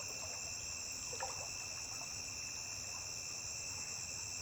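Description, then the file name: Cricket song, an unbroken shrill ringing held throughout, with faint soft trickling clicks beneath. A single high-pitched cricket singing by a riverbank. "Grilo agudo isola cantando beira de rio"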